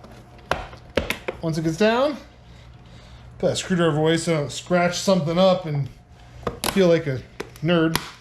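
A new sequential turn signal unit for a 2013–2018 Ford Focus is handled at a car side mirror housing, where its plastic clips are meant to snap into place. Sharp, brief knocks sound around 0.5, 1.0, 1.1 and 1.3 seconds, and someone talks through most of the clip. Nothing has seated or clicked yet.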